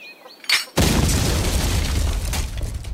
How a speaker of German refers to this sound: Und deswegen brachte ich jetzt einen Sprengsatz am Hühnerhaus an.